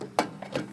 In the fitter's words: and then push it down you'll hear like a little click and then twist it to the right hand side